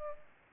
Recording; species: mosquito wingbeat signal from an infrared sensor; Aedes aegypti